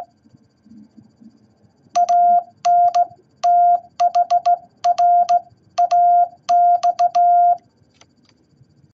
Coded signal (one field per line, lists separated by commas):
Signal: Morse code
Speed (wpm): 16 wpm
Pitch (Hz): 700 Hz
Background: none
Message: ANTHRAX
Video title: What Is Anthrax In Morse Code?